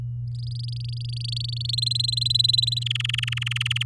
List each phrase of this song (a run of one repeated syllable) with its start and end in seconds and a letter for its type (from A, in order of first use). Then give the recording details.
0.35-1.71 A, 1.73-2.83 B, 2.86-3.83 C. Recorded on 10 May 2018 at 15:59. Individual llb16